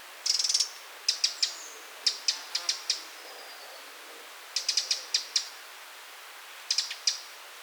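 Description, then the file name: Eurasian wren calls: a fast burst of ticks opens, followed by several spaced groups of sharp, high tick notes. "Troglodytes troglodytes"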